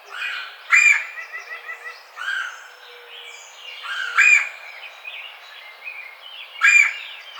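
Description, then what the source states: Red-bellied woodpecker uttering three brief rolling churrs, while another bird sings a quick trilled series and soft chirps fill the gaps. Recorded 4 May 2009.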